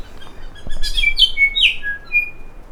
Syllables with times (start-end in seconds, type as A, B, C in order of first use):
0.19-0.24 A, 0.40-0.46 A, 0.54-0.61 A, 0.68-0.74 A, 0.81-0.88 B, 0.93-1.12 C, 1.15-1.25 D, 1.34-1.49 E, 1.55-1.68 F, 1.80-1.97 G, 2.04-2.33 H